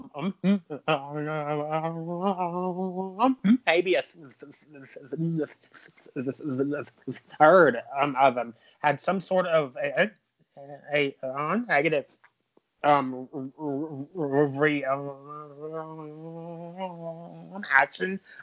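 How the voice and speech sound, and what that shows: A man who stutters speaks haltingly in one short sentence. He stretches out filler sounds, lengthens consonants, and stops silently for two to three seconds, once in the middle of a word. These stuttering blocks and prolongations break up the flow of his speech.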